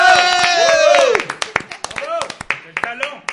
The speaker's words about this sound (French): La foule délire.